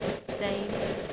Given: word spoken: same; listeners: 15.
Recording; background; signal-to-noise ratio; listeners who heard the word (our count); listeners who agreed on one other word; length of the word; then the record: one English word in noise, from a listening test; noise modulated by three-talker babble; -3.2 dB; 3 of 15; 10 of 15; 0.73 s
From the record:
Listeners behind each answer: 10, 3, 2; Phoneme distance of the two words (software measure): 10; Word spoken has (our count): 1 syllable, 3 phonemes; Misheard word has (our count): 1 syllable, 3 phonemes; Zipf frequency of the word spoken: 5.65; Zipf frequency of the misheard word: 3.35